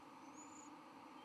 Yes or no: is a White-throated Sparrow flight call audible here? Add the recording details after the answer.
no. No flight call is heard. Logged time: 11:25 on 31 October 2014